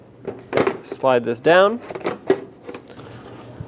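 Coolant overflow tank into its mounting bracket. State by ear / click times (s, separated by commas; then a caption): not seated / none. Someone talks while the plastic coolant overflow tank of a 2006–2011 Honda Civic is handled and slid back down toward its mounting bracket on the driver side, after being removed for access to the high-beam bulb during a headlight bulb replacement. Short knocks and rattles of handling come at about 0.5 s and 2.3 s. Nothing has seated or clicked into place yet.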